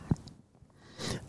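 A short low thump is followed, after a quiet pause, by a single sharp, hissing burst of air lasting a fraction of a second. This is one ordinary sneeze from an adult in a small room.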